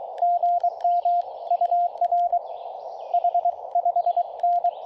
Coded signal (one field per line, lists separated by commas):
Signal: Morse code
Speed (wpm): 22 wpm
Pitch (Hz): 690 Hz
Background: none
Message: GM UR H5N